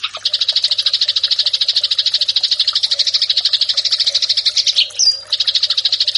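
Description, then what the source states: Eurasian tree sparrow fighting call, an even, buzzy rattle of very quick chirps, broken once by a short squeak and pause. Fighting call used as a master track for training birds.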